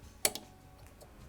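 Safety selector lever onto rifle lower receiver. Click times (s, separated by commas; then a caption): 0.2 s. A small part, likely the ambidextrous safety selector lever, is pressed over its detent into place on an AR-style rifle lower receiver, giving a sharp tick at 0.3 s followed by a softer tick just after and a faint tick near 1.0 s. The lever locks into place with its detent seated.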